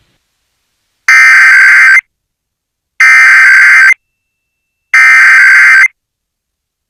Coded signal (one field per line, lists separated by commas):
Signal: Emergency Alert System (SAME) tones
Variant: header bursts